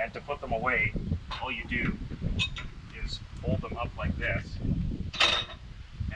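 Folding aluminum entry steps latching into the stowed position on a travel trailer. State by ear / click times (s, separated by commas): seated / 5.1 s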